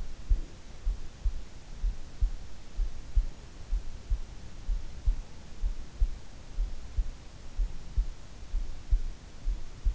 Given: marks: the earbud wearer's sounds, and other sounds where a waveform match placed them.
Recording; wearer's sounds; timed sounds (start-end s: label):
sounds in sleep by an in-ear microphone; breath
0.00-0.91 s: breath